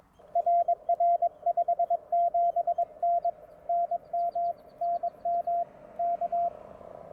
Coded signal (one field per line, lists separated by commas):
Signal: Morse code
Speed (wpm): 22 wpm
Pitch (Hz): 690 Hz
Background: radio noise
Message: RR 57N NM NM K